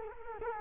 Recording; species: mosquito wingbeat signal from an infrared sensor; Culex quinquefasciatus